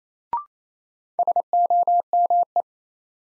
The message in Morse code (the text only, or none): SOME